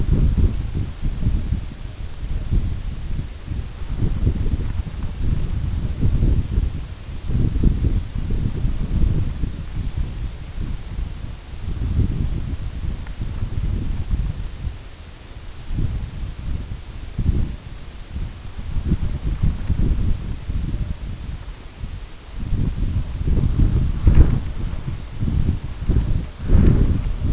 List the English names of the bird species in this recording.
none